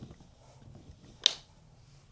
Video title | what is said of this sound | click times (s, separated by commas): Unboxing + Setting Up Biom Baby Wipes for the First Time | When you hear it click is when you know that the magnet is working. | 1.3 s